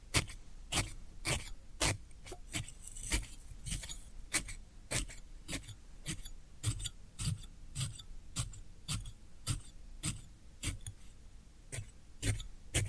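Floral foam being pressed or pierced in a steady rhythm, with short crisp crunches about twice per second. Each crunch is sharp and bright with a soft low thump underneath. A faint hiss runs between the strokes, and a few clicks cluster near the four-second mark.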